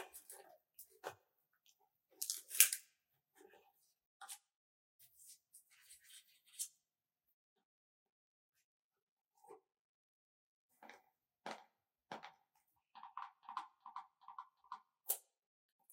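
Packages being opened softly, with crinkles, taps and rustles coming in short clusters. A sharp crackling tear stands out near the start, then a quiet pause follows before denser bursts of light tapping and crinkling in the second half.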